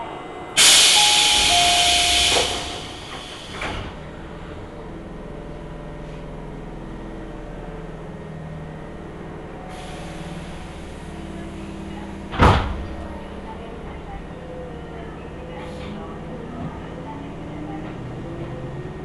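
A local train on the Tobu Tojo Line, with a steady low rumble running throughout. Near the start a loud bright hiss of air lasts about two seconds, like doors working, and a single sharp knock lands around the twelve-second mark before the even rumble returns.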